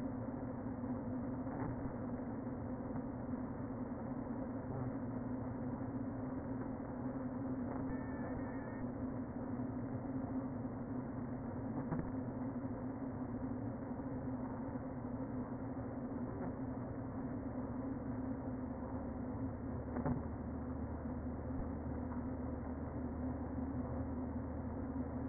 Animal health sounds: honeybee colony, microphone inside the hive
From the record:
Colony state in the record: queen present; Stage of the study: before two queens were removed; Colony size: about 60,000 bees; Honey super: yes

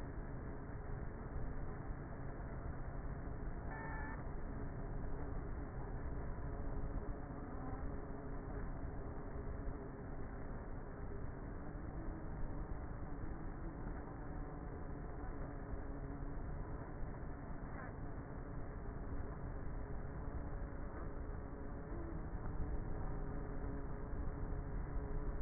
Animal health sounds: honeybee colony, microphone inside the hive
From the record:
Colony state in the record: queenless with a low population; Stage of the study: before two queens were removed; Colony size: about 30,000 bees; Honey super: no

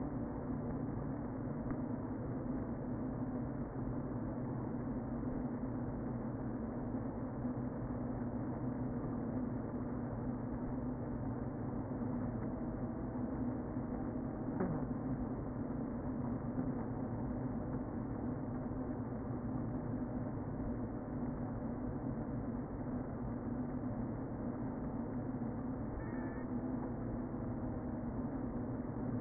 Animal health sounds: honeybee colony, microphone inside the hive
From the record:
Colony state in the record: queen present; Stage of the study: before two queens were removed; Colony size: about 60,000 bees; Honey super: yes

